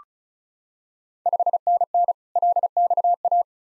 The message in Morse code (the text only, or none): 5NN LXA